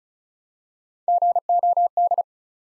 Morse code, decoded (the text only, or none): GOD